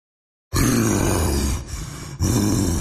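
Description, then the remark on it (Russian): A deep, enraged troll monster's growl erupts suddenly, loud and rumbling, dips briefly, then surges again in a second guttural roar. No one speaks. “Доносится до нас разъяренный голос монстра”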